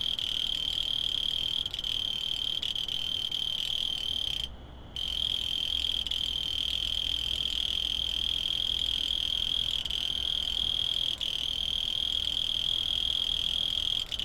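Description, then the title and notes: Cricket trilling in a continuous high ringing tone, cut off for about half a second midway, then resuming unchanged, over soft hiss. Field recordings made in Tavira, Tangier, Lima and Bhubaneswar. "ACA - Grabaciones de campo. Grillo 2. grabaciones hechas en tavira, tangier, lima, bhubanshwar"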